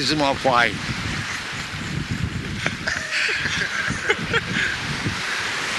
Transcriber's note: laughs